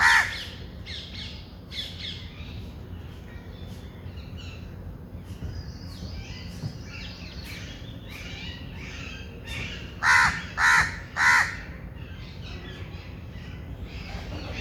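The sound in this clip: Bird gives a loud caw at the start, faint chatter fills most of the recording, then three loud, hoarse caws ring out in quick succession near the end, over a low background hum.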